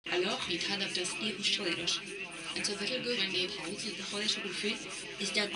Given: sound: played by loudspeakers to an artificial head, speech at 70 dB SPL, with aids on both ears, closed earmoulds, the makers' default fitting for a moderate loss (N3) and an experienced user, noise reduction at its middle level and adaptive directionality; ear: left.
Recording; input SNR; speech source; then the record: speech test signal (ISTS) in cocktail-party noise; +6 dB; on the right (90 degrees)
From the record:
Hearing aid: class 2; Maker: B